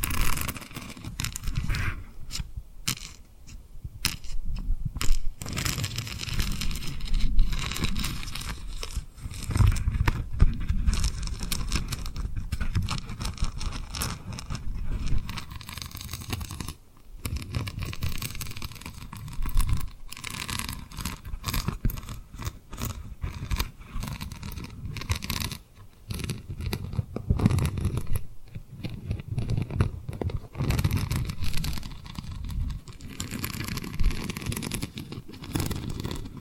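Tapping and rubbing on a rhinestone-covered surface, with dense scratchy, crinkly rubbing that runs almost without pause for the whole span. Sharp taps cut through every few seconds, with brief near-silent gaps around 5, 17, 26 and 28 seconds.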